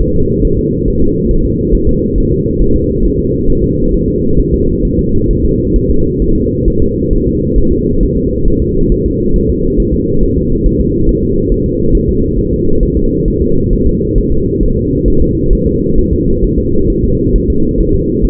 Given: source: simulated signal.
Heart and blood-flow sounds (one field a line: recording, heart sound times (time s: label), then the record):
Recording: fetal heart sounds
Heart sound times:
0.01 s: S1
0.16 s: S2
0.45 s: S1
0.59 s: S2
0.88 s: S1
1.02 s: S2
1.31 s: S1
1.45 s: S2
1.75 s: S1
1.89 s: S2
2.18 s: S1
2.32 s: S2
2.61 s: S1
2.76 s: S2
3.05 s: S1
3.19 s: S2
3.50 s: S1
3.64 s: S2
3.94 s: S1
4.08 s: S2
4.39 s: S1
4.54 s: S2
4.85 s: S1
4.99 s: S2
5.30 s: S1
5.45 s: S2
5.76 s: S1
5.90 s: S2
6.22 s: S1
6.36 s: S2
6.68 s: S1
6.82 s: S2
7.13 s: S1
7.27 s: S2
7.58 s: S1
7.72 s: S2
8.03 s: S1
8.17 s: S2
8.48 s: S1
8.62 s: S2
8.92 s: S1
9.06 s: S2
9.36 s: S1
9.50 s: S2
9.80 s: S1
9.94 s: S2
10.23 s: S1
10.37 s: S2
10.66 s: S1
10.80 s: S2
11.09 s: S1
11.23 s: S2
11.52 s: S1
11.66 s: S2
11.95 s: S1
12.09 s: S2
12.38 s: S1
12.53 s: S2
12.83 s: S1
12.97 s: S2
13.28 s: S1
13.42 s: S2
13.73 s: S1
13.87 s: S2
14.18 s: S1
14.32 s: S2
14.63 s: S1
14.77 s: S2
15.08 s: S1
15.22 s: S2
15.53 s: S1
15.67 s: S2
15.98 s: S1
16.13 s: S2
16.44 s: S1
16.58 s: S2
16.90 s: S1
17.04 s: S2
17.36 s: S1
17.50 s: S2
17.80 s: S1
17.95 s: S2
18.25 s: S1
From the record:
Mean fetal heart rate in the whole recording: 135 bpm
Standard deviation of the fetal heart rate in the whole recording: 3 bpm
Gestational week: 36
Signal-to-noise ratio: -16.4 dB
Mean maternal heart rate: 72 bpm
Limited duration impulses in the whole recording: present